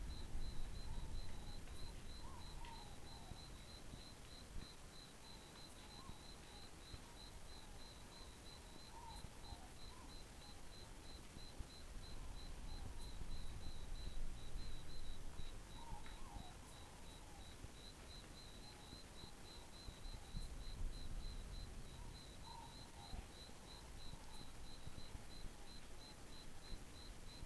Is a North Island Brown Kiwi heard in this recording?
no